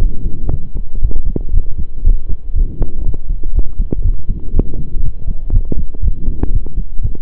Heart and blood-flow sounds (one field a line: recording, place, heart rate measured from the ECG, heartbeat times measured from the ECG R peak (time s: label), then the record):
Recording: heart sounds by stethoscope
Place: between the tricuspid and mitral areas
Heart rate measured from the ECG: 120 bpm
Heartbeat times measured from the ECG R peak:
0.51 s: heartbeat
1.02 s: heartbeat
1.54 s: heartbeat
2.05 s: heartbeat
2.56 s: heartbeat
3.06 s: heartbeat
3.55 s: heartbeat
4.05 s: heartbeat
4.54 s: heartbeat
5.03 s: heartbeat
5.53 s: heartbeat
6.03 s: heartbeat
6.53 s: heartbeat
7.03 s: heartbeat
From the record:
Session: pedaling a stationary bicycle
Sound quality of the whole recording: saturated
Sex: male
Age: 23 years